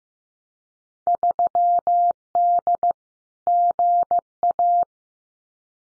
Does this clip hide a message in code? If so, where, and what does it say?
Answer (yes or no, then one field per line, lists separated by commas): yes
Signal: Morse code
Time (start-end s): 1.1-4.8 s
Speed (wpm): 15 wpm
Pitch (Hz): 700 Hz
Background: none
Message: 3D GA